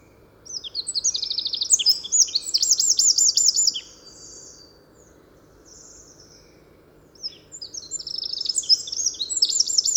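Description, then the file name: Eurasian wren song of very high, quick notes and a rapid metallic trill lasting several seconds, quieting, then starting again near the end. "Troglodytes troglodytes"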